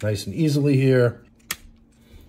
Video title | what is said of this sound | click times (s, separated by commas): Logitech Brio PRO 4K Webcam Unboxing, Setup & Initial Review 📸✨ | and it just snaps into place. | 1.5 s